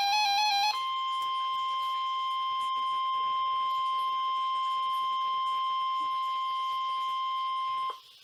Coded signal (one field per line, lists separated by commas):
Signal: Emergency Alert System (SAME) tones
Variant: 1050 Hz attention tone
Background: music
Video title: Required Weekly Test EAS #5